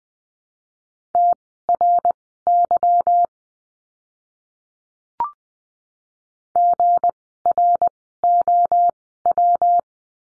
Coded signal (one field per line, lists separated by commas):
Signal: Morse code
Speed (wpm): 20 wpm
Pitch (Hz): 700 Hz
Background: none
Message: TRY GROW